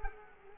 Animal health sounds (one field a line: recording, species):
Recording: mosquito wingbeat signal from an infrared sensor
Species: Culex quinquefasciatus